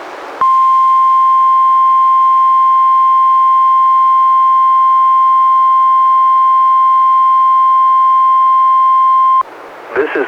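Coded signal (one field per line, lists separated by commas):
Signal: Emergency Alert System (SAME) tones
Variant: 1050 Hz attention tone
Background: speech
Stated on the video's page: NWR Required Weekly Tests relayed by a weather radio station, recorded from a Reecom R-1630 weather radio through a Zoom H1 recorder to a computer.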